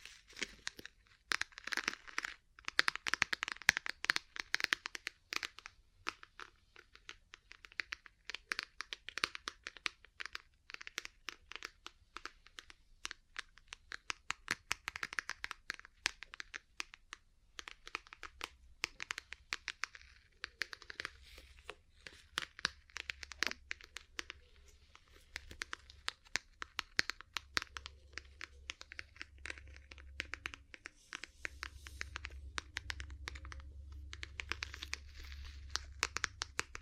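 Ear cleaning and massage sounds: dense, scratchy crinkling and rapid clicking run the whole time, with brighter rustling bursts that swell and fade every few seconds. A low, steady rumble grows stronger beneath them from about twenty-five seconds on.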